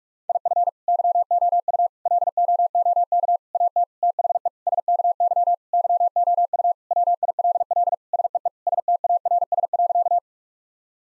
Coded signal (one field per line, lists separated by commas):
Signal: Morse code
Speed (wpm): 46 wpm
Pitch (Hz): 700 Hz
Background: none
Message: IF YOU LOOK AT THE SKY YOU WILL SEE STARS.